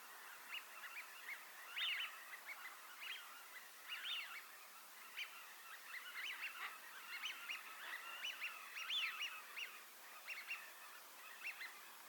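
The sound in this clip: Eurasian wigeon whistles: many short whistled notes coming in quick bursts throughout, over a soft background hiss.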